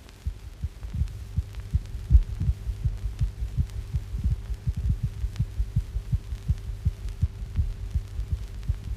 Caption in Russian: При угрожающей внутриутробной асфиксии сердцебиение плода нередко учащается.